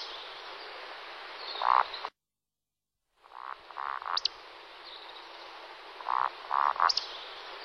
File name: canto da galinhola